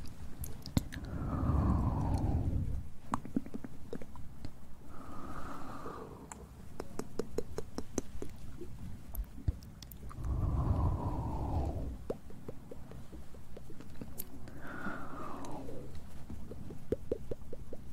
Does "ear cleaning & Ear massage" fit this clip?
yes